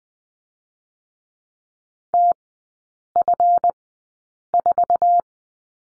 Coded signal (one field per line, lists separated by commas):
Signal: Morse code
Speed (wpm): 20 wpm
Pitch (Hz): 700 Hz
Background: none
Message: TF4